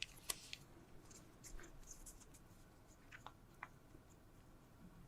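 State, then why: Not seated. A watch strap's quick-release bar is handled against the case lug of an Amazfit T-Rex Ultra 2 smartwatch, producing faint scraping and a few small, sharp ticks over a quiet background. The strap has not seated or clicked into place yet.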